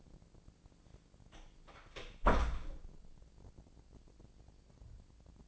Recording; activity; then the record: daily activity, microphone in the room; close door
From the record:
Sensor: 5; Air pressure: 1012.4 hPa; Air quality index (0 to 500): 163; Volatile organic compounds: 2 ppm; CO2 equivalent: 1109 ppm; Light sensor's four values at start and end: 209/509/212/233 and 202/491/205/225